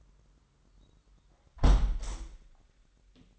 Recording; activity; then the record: daily activity, microphone in the room; close window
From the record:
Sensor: 3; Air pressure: 998.5 hPa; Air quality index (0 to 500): 142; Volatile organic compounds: 5 ppm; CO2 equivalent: 1710 ppm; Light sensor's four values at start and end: 9/22/9/10 and 9/22/9/10